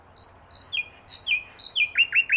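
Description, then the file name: Common nightingale song: high whistled notes alternating with descending slurred notes, building into quicker repeated chirps at the end. "Luscinia megarhynchos"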